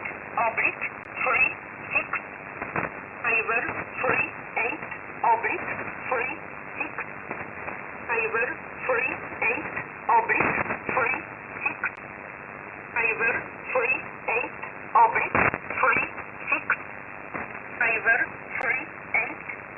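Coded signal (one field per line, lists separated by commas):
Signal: numbers station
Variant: E11 Oblique, English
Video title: 07 06 2021 Number station E11 Oblique in English to Eu 0900 on 7449 unknown tx site in USB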